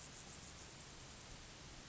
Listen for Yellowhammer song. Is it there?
no